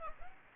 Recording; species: mosquito wingbeat signal from an infrared sensor; Aedes aegypti